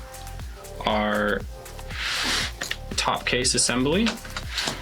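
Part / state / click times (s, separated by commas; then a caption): laptop top case assembly onto display hinges / not seated / none. The top case assembly of a liquid-damaged MacBook Air A2941 M2 laptop is opened up and handled toward the metal LCD display hinges during a repair, with brief handling knocks around 2.6–2.7 seconds. Someone talks while music plays underneath. Nothing has seated or clicked yet.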